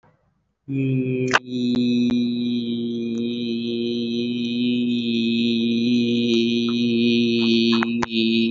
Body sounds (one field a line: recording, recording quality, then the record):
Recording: sustained vowel as in beet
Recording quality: excellent, no background noise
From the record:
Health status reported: healthy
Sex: male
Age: 25 years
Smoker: yes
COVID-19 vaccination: one dose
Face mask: worn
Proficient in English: yes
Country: India